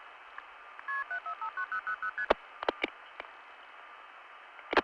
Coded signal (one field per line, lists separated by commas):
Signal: multi-frequency trunk signalling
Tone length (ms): 100 ms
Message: KP459000ST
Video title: Early80s Pgm 5: Effect of CCIS on Phreaking, Olney SF'ing, 1981-83